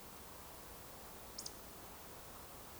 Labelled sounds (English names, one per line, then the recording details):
Eurasian Woodcock whistle
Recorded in Baden-Württemberg, Germany, on 12 June 2020 at 20:23 UTC
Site 43791, 788 m above sea level